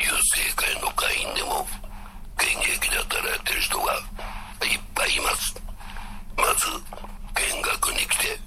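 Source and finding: Adult male laryngectomee speaking. Tracheoesophageal (shunt) speech after laryngectomy.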